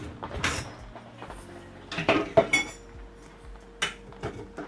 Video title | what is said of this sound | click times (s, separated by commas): Ultimate Complete Feeder Chair from fishdeal.co.uk - Tackle Review | these lock into place nicely | 3.8 s